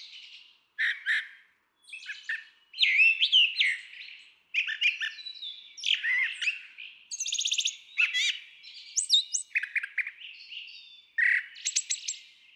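Brown Thrasher singing a dense stream of changing phrases, raspy and whistled, with repeated notes and only brief gaps between them.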